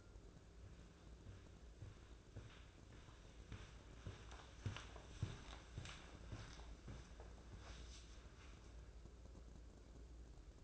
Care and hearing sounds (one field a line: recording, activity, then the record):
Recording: daily activity, microphone in the room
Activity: walk to room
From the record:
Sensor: 2